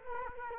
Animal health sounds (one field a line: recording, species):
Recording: mosquito wingbeat signal from an infrared sensor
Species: Culex quinquefasciatus